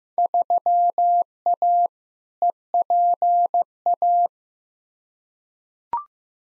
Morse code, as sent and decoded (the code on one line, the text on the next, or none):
...-- .- / . .--. .-
3A EPA